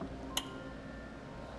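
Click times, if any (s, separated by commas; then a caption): 0.4 s. A plastic tow-package wiring connector on a T-connector trailer harness is pushed into the matching factory tow-package connector on a 2009 Honda CR-V. A single sharp click at 0.4 s stands out over a steady low hum as the connector latches. The connector is seated and secure.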